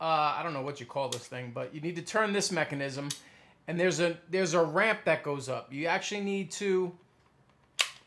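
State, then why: Seated. Someone talks while turning the rotating mechanism on the barrel housing of a plastic wrist-mounted dart blaster up a ramp and pushing it into place. After a short pause, a sharp click is heard at 7.8 seconds as the mechanism seats. This pulls the pusher tube away from the platform so the barrel cluster can rotate freely.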